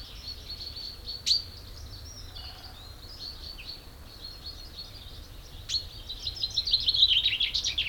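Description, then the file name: Common chaffinch: two sharp clicks over faint high twittering, then a loud, rapid song phrase at the end. "Fringilla coelebs"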